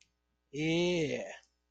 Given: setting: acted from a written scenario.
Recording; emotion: vocal sound without words; interest